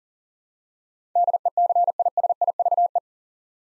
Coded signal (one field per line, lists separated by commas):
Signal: Morse code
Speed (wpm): 37 wpm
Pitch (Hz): 700 Hz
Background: none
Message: DECISIVE